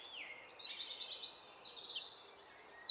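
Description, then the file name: Eurasian wren song fragment: a falling whistle, then quick high chips, a short trill and loud sharp notes, fast and energetic throughout. "Troglodytes troglodytes"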